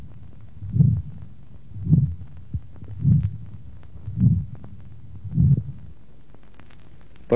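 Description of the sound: Five slow, regular beats at about 52 a minute, each a drawn-out, rough, low-pitched whoosh with a weakened or absent second sound. This is the coarse systolic murmur of aortic stenosis (narrowing of the aortic orifice) heard over the aorta in an adult. A brief voice begins at the end.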